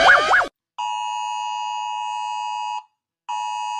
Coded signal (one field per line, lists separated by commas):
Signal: Emergency Alert System (SAME) tones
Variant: 853 and 960 Hz attention tone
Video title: PowerPlay rates EAS alarms!